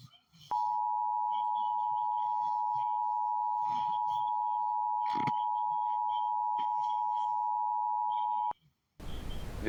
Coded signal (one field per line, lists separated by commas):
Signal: Emergency Alert System (SAME) tones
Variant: 853 and 960 Hz attention tone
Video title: reacting eas scenario the fog is comming